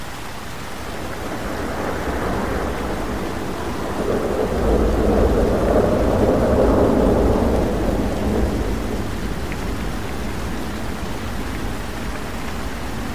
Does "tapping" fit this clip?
no